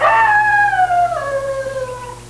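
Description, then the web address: Mammal howl, a single long tonal cry that slides slowly downward in pitch and fades, over a steady low hum. "特酷声音素材库 动物 兽类"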